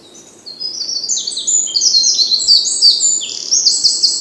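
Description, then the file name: Eurasian wren song: a rapid torrent of thin high notes and rattling trills lasting nearly four seconds. "Troglodytes troglodytes"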